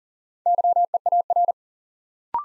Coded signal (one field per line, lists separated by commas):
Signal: Morse code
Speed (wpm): 40 wpm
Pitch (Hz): 700 Hz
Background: none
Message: YEAR